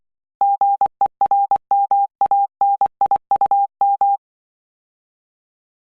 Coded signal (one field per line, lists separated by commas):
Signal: Morse code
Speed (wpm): 24 wpm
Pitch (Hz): 800 Hz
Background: none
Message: GERMANIUM